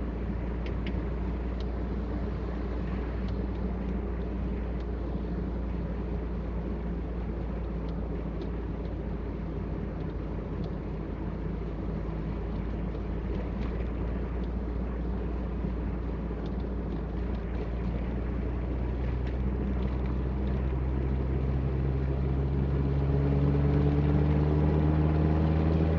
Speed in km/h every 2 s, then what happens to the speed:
39, 38, 38, 37, 36, 37, 38, 38, 40, 43, 46, 51, 56.
0-15 steady at about 38. 15-26 speeds up to 56.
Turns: none.